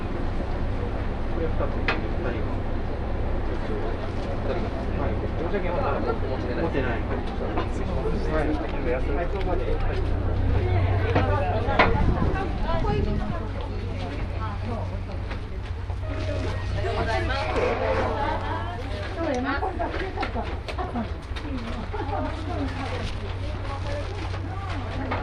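Aboard the Yodo Line Shimanto Torokko No. 2 train running from Ekawasaki to Tosa-Taisho, voices chatter almost constantly over a steady low rumble of the moving train. A brief louder clatter rises around the eleventh to thirteenth seconds, then the hum and talk continue.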